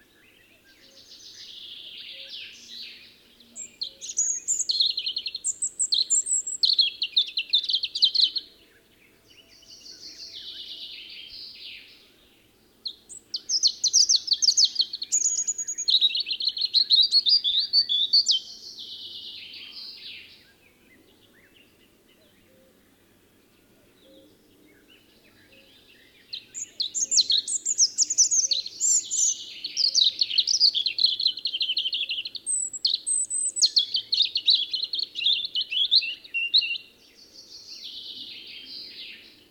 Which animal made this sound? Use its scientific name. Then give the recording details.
Erithacus rubecula. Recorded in the wild. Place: Lütow, Insel Usedom, Mecklenburg-Vorpommern, DE. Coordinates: 54.032, 13.888. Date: 1975-06-13 04:10. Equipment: Nagra III BH, Sennheiser MD 21, parabola. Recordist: Schubert, Michael